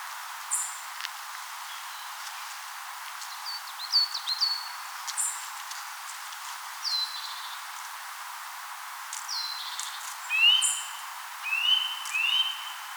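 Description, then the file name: Eurasian nuthatch calls: a few short rising notes near the end, with sharp high chips and brief whistles earlier. "Sitta europaea"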